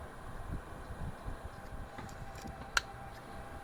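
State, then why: Seated. A glued plywood bulkhead is pressed into its notch on the wooden keel of a 1:200 scale HMS Victory wooden ship model kit. Over a low, steady background, it snaps into place with one sharp tick at 2.8 s. The clean click shows it has seated properly.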